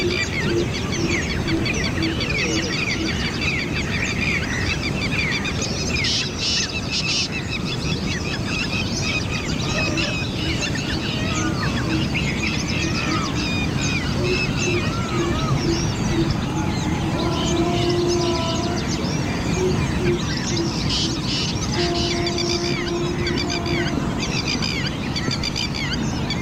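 A dense dawn chorus of many overlapping birds, chirps and trills throughout, with steady low-pitched piping notes recurring over a constant background hum.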